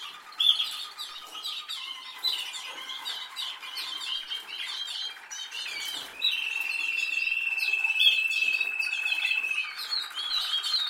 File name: Canary Sound